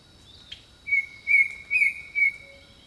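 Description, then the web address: Bird song: a short chip, then four smooth whistled notes at the same pitch, over a steady high insect drone. Jungle birdsong. "Echoes of Nature - Jungle Talk 01 Jungle Birdsong"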